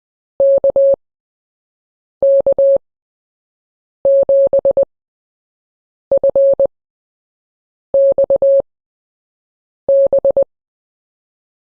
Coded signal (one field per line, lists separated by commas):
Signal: Morse code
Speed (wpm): 20 wpm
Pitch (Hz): 550 Hz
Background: none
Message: KK7FXB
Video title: CW PROSIGNS